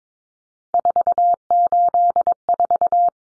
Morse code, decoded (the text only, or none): 484